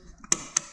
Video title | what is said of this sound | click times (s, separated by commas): Install Flush Gas Cap and Fuel Gauge on a Road King Special | Pop it into place, snaps right down, you can kind of hear that snap down, and then we'll check it for center. | 0.3 s, 0.6 s